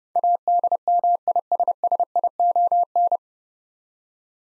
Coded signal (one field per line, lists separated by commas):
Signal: Morse code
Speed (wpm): 32 wpm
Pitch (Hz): 700 Hz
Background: none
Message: ADMISSION